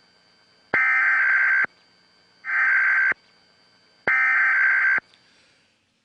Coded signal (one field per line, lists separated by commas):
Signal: Emergency Alert System (SAME) tones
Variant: header bursts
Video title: [Trump News]EAS Test on 11-9-11 Holds Power to Cut Broadcast Signal